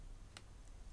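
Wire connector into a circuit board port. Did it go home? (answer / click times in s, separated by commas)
yes / 0.4 s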